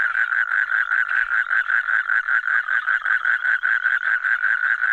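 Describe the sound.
Frog croaking in a rhythmic series of short raspy pulses, evenly repeated across the whole stretch.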